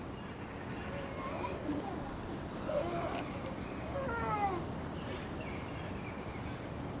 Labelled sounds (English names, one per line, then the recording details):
Gelada call
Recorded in captivity
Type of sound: call sequence
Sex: pair
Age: adult
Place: Zoo Dresden, Sachsen, DE
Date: 1997-02-14 17:19
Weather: heiter bis wolkig, 5 bis 7°C
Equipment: Nagra SN, Kopie Uher 4000 Report Monitor
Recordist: Tembrock, Günter
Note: Paar: Kontaktsitzen, Laute (unklar, von wem)